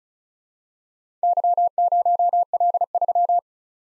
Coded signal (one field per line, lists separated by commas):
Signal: Morse code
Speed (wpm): 34 wpm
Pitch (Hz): 700 Hz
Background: none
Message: Y0L3